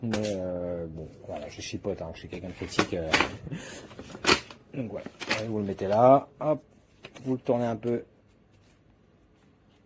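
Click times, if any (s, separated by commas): none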